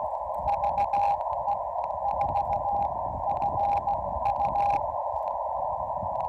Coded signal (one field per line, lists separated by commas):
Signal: Morse code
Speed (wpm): 15 wpm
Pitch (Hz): 810 Hz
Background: none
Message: VE4FU